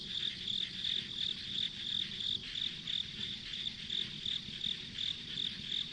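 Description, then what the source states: Insect chirping, quick regular high pulses close to three each second, set against a shimmering chorus and a dull low hum. Ambient insect sounds on a rural country road.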